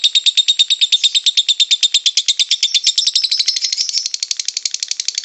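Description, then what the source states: Lovebird chatter: a quick, regular string of short buzzy high notes, rising slightly in pitch after three seconds, then dropping back in the last second. Lutino lovebird giving the ngekek chattering call; recording used for training birds.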